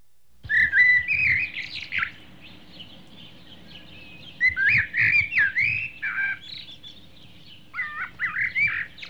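Bird chirps: bursts of busy, twittering whistled notes that rise and fall, coming in three clusters with brief gaps between them.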